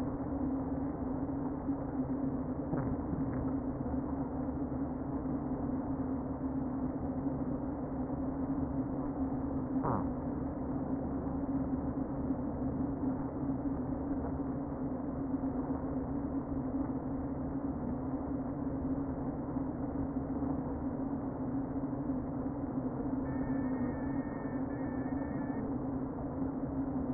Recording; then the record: honeybee colony, microphone inside the hive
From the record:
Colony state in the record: queen present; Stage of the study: before two queens were removed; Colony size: about 60,000 bees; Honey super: yes